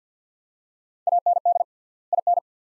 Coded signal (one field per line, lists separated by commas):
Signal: Morse code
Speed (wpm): 50 wpm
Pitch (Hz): 700 Hz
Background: none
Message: AND IN